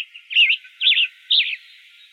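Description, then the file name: Western tanager giving three quick, slurred chirp notes, each with a wavering up-and-down inflection, spaced about half a second apart. Recorded in Arizona on May 23, 2008. "WETA 5 deviche"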